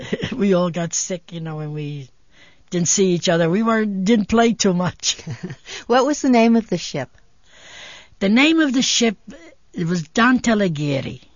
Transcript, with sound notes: We all got sick, you know, and we didn't see each other. We were, didn't play too much. (she laughs)
What was the name of the ship?
The name was ship, it was Dante Alleghieri.